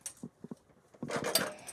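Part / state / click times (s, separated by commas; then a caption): metal entry step into its stowed lock on the RV door frame / not seated / none. A metal Lippert Components SureStep entry step on a 2018 Work and Play LE 25WB heavy-duty toyhauler is lifted by hand toward its stowed lock on the RV door frame. A sharp metallic clank sounds at the start, followed by a few soft knocks and then a dense run of metallic rattles and clanks from about 1.0 seconds, with the loudest hit near 1.4 seconds. The step is still being handled, and nothing has seated or locked yet.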